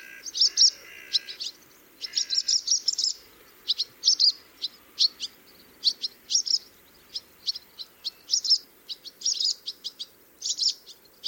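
Swallow twitter, a lively run of sharp high chirps, often in quick clusters, with a faint lower buzzy sound early on and steady hum behind.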